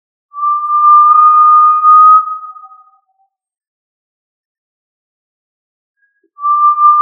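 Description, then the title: Tinamou: one clear, flat tonal whistle lasting over two seconds, then silence, then another whistle beginning; clean background with nothing else heard. "Familia Tinamidae - Quail - Puyuh"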